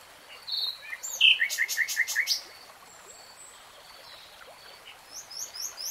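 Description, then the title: Nightingale phrase: a whistle, stacked clicking notes and five short notes, then quiet with faint high chirps. "[Tiếng chim hót] Nightingale Singing"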